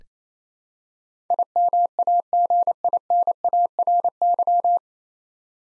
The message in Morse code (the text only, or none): IMAGINARY